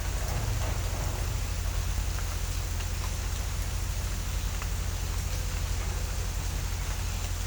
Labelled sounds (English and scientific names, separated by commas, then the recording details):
none
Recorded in pastures near Puerto Asís, Putumayo, Colombia, on 21 December 2024 at 07:30
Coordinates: 0.466, -76.322
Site G040